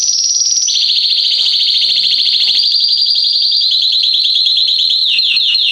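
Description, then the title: Canary song with a high trill dropping into a long rolling trill, finishing with quick descending sweeping notes. Male Belgian canary singing intensely, to warm up young canaries within 30 minutes. "Esquente Seu Filhote E Canario Belga Em 30 Minutos Macho Cantando Muito. Esquente seu canrio belga em 30 minutos - Canrio Belga estourado"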